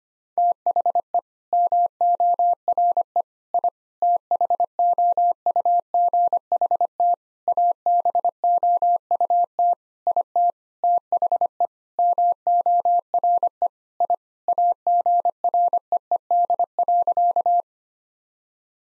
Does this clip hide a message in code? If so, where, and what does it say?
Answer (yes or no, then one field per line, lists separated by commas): yes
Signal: Morse code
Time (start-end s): 0.4-17.6 s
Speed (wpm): 25 wpm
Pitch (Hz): 700 Hz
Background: none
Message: THE MORE I THOUGHT ABOUT IT THE MORE I AGREED.